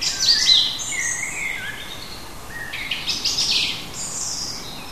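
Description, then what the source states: Bird song with high whistled and chirping notes, some sliding down in pitch, given in two short phrases over a steady background hiss. Native bird of a hedge habitat, recorded in June.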